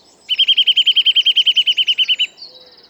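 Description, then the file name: Eurasian nuthatch delivering a fast, even trill of many whistled notes lasting about two seconds, then a softer thin note. "Sitta europaea"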